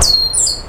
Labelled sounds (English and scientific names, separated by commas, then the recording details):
Stitchbird (Notiomystis cincta) song
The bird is a male
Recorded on Tiritiri Matangi Island, New Zealand, in 2005
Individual 12, of nest box 16